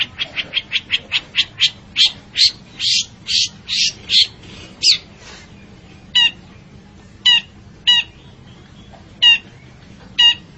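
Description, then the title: Long-tailed shrike producing a quick series of harsh notes that spread out, then isolated sharp notes at intervals. Described with the Indonesian bird-keeping term 'gacor', meaning the bird is singing loudly and actively. "Cendet Gacor"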